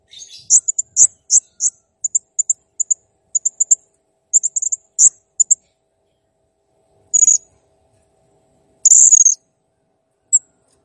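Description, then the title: Blue-crowned hanging parrot song: series of very high thin chips and short trills, then two longer shrill buzzy screeches and a final chirp. Cage-bird song used for training (masteran); described as clear and gacor (singing actively). "Masteran Burung Serindit Ll Masteran Serindit Gacor Jernih"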